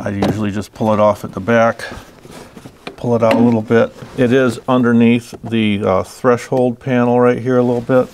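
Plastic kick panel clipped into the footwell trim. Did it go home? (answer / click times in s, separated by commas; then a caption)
released / 2.9 s. Someone talks while pulling a snap-in plastic kick panel, clipped into the footwell trim of an FJ Cruiser and tucked under the threshold panel, off at the back by hand. A sharp snap is heard at 2.9 s as its clip pops loose and the panel is released.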